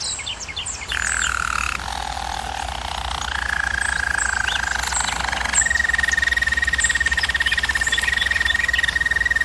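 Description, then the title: German Roller canary song: soft varied phrases leading into a long, even, high rolling trill sustained to the end. Singing used for canary training. "German Roller Canary Singing - Canary Training Vid"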